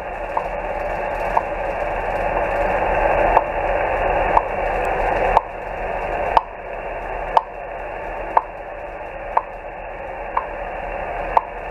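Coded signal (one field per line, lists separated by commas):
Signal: radio time signal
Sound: short ticks once a second over steady radio hiss, about 11 ticks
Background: radio static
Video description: Time signals are used to correct vessel chronometer time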